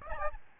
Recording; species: mosquito wingbeat signal from an infrared sensor; Aedes albopictus